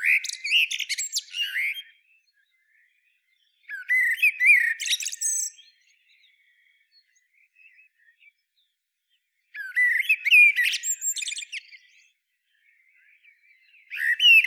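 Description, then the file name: Eurasian blackbird song, phrases coming about every four to six seconds. Each one begins with mellow whistled notes and finishes in scratchy, high-pitched twittering. "Turdus merula"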